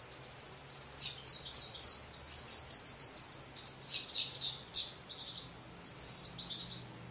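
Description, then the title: Orange-headed thrush singing a dense, rapid run of high, varied chirping and trilled notes, phrases tumbling together for several seconds before a short pause and a final burst. "Anis Merah"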